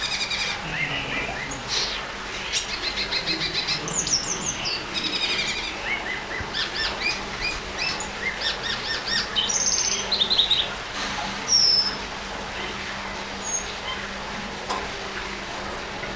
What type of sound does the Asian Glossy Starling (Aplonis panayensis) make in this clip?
song